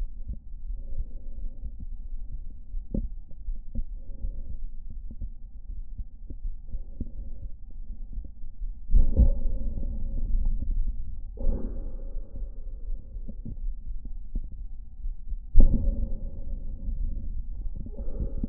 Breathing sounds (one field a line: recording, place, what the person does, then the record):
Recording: lung sounds by stethoscope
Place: right anterior apical chest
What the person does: quiet breathing, then deep breathing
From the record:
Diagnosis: COPD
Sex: male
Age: 59 years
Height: 171 cm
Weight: 91.4 kg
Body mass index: 31.3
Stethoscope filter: diaphragm mode